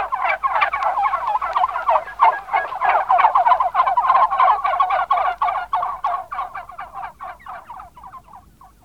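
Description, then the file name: Turkeys gobble in a dense, rolling chorus of quick gurgling notes, loud and continuous at first, then thinning into separate bursts during the last seconds. Several males (turkey cocks). "Turkey coks"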